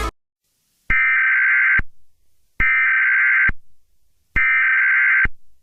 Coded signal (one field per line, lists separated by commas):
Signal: Emergency Alert System (SAME) tones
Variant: header bursts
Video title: EAS Scenario #52: Winter Storm Of the Century: P1 (READ DESCRIPTION)